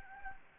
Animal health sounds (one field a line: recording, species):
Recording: mosquito wingbeat signal from an infrared sensor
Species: Anopheles arabiensis